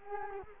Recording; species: mosquito wingbeat signal from an infrared sensor; Culex quinquefasciatus